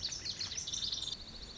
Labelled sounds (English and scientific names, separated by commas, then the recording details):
Lazuli Bunting (Passerina amoena)
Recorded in Sonoma County, California